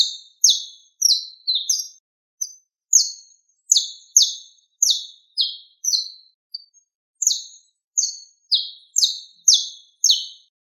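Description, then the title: Bird: rapid high chirping from a bird: clipped notes that drop in pitch, delivered in a busy, slightly uneven run with a brief pause midway. "LuckyPassaros CompletosSama"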